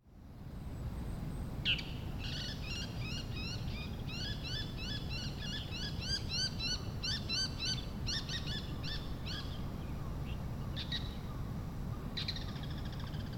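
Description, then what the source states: Bird calls: quick, high chirps repeated in rapid bursts for several seconds, over a steady low rumble of background noise. Wild bird, 18 October 2019.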